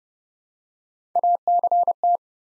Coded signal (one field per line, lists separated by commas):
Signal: Morse code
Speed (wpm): 30 wpm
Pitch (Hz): 700 Hz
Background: none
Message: ACT